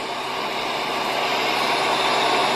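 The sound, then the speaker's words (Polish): A helicopter engine drones steadily in a video filmed from the air over a flooded lake, a loud, dense, rushing roar with a low rumble underneath that swells slightly over a few seconds. No one speaks over it. “O, widzi pan, już jest odgłos śmigłowca.”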